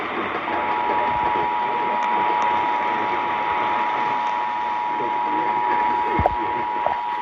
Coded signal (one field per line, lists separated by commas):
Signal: Emergency Alert System (SAME) tones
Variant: 853 and 960 Hz attention tone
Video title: Much Better…Sorta. EAS Alerts From June 13-15, 2023